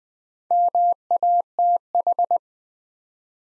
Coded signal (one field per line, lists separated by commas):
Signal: Morse code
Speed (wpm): 20 wpm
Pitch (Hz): 700 Hz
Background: none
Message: MATH